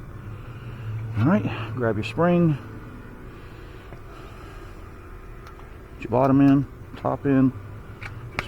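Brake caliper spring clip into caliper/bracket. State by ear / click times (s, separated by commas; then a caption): seated / 8.4 s. Someone talks while the rear brake caliper spring (anti-rattle clip) on a Land Rover Discovery Sport with an electric e-brake system is set bottom first, then top, and pushed into the caliper bracket. A sharp metallic tick is heard at 8.4 s as the clip seats in place.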